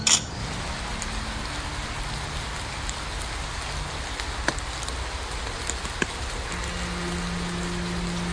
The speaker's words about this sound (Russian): Еще дождь этот непонятно откуда взялся.